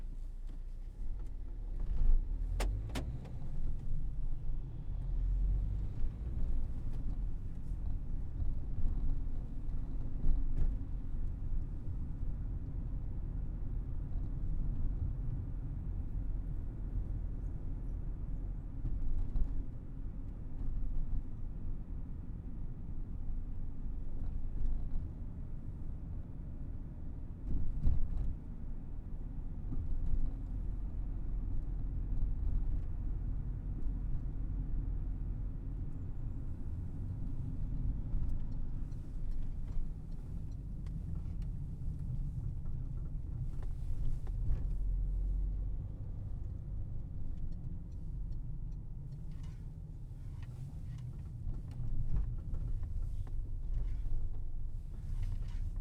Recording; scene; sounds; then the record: everyday scene through a hearing-aid microphone; in a vehicle; engine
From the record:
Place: Berlingo II, diesel engine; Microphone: behind the ear, left, front